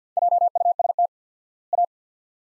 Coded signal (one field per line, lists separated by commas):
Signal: Morse code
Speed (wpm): 46 wpm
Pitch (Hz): 700 Hz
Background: none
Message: JUST A